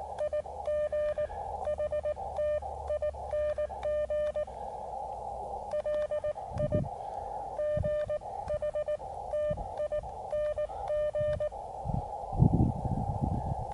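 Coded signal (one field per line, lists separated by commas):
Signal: Morse code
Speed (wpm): 19 wpm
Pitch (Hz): 600 Hz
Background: none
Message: IG HTING LIGHTING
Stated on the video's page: Attempted SOTA activation on Pikes Peak with a KX2, signals weak, aborted due to weather and lightning.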